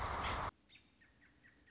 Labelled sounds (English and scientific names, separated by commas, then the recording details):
American Robin (Turdus migratorius)
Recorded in Sonoma County, California